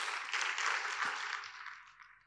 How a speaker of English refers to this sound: Can we give the Lord a big hand clap of praise?